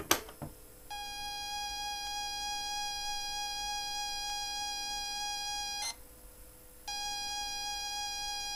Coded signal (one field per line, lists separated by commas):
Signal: ZX Spectrum tape loading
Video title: ZX Spectrum MIA Preview / Episode 2 / Backup - Perrian Limited (also Follow Up + Backup Pot Pourri)